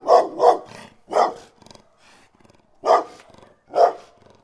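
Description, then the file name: Dog barking loudly and harshly: a quick double bark, then a single bark, a pause, and two more spaced barks, with faint noise in between. "Killer Dog Barks"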